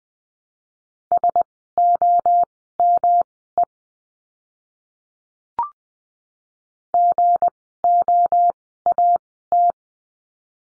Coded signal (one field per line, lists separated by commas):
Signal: Morse code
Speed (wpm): 20 wpm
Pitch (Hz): 700 Hz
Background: none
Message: SOME GOAT